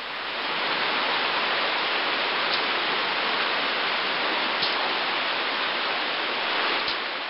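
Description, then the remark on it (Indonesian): Steady, dense rain hisses outside without a break, an even wash of noise with a couple of faint ticks of drops standing out. No voices are heard. “Di luar, hujan masih turun dan sesekali terdengar guruh menggelegar.”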